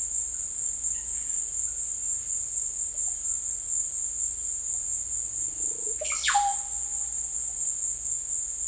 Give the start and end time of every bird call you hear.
[5.93, 6.68] bird call

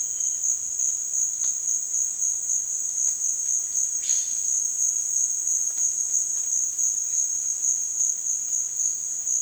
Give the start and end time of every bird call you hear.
[3.97, 4.49] bird call

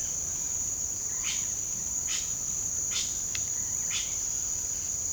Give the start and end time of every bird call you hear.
[0.00, 0.68] bird call
[1.14, 4.14] bird call

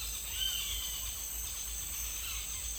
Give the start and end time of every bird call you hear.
[0.00, 2.78] bird call

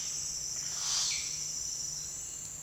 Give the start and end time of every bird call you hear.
[0.57, 1.41] bird call

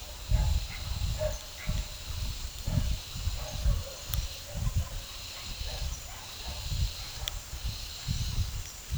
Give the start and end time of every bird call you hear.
[0.29, 5.84] bird call

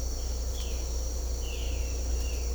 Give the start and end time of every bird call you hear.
[0.46, 0.81] bird call
[1.45, 2.52] bird call

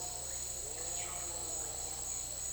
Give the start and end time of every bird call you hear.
[0.77, 2.53] bird call

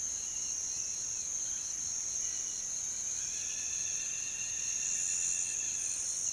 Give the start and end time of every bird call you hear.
[3.16, 6.23] bird call

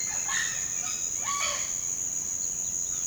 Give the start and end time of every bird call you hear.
[0.00, 1.58] bird call

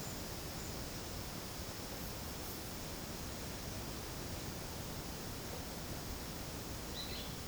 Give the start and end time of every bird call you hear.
[6.92, 7.29] bird call

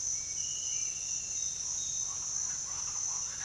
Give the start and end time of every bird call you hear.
[1.94, 3.44] bird call

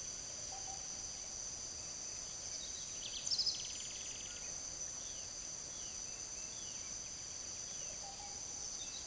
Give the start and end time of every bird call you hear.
[2.51, 4.51] bird call
[4.95, 8.40] bird call

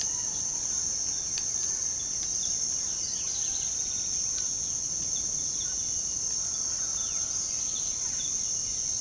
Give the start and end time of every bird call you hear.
[2.54, 4.53] bird call
[5.55, 5.81] bird call
[6.79, 8.30] bird call

